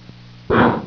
Cough.